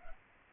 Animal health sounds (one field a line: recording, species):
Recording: mosquito wingbeat signal from an infrared sensor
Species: Culex pipiens